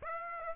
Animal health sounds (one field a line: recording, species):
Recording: mosquito wingbeat signal from an infrared sensor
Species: Aedes aegypti